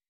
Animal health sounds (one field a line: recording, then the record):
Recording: hydrophone in a shrimp aquaculture tank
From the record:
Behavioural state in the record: weakened